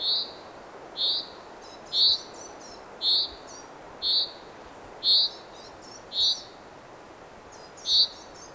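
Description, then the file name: Common chaffinch calling with a series of short sharp notes, about one a second, eight repeats, with soft background noise. "Fringilla coelebs"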